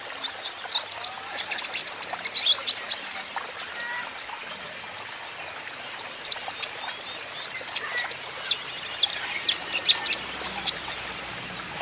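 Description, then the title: Van Hasselt's sunbird singing steadily, a continuous stream of sharp high chirps and quick downslurred ticks with hardly a pause throughout. Green-plumaged (ijoan) kolibri ninja (konin) in constant 'gacor' song, used as a lure and therapy for untrained konin, which are sure to answer. "KOLIBRI NINJA KONIN IJOAN GACOR COCOK UNTUK PANCINGAN TERAPI KONIN BAHAN PASTI NYAUT"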